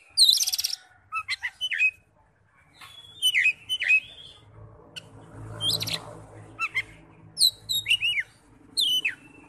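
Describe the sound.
Oriental magpie-robin singing a varied phrase of sharp whistles, trills and downslurred notes in quick bursts, with a faint low hum underneath.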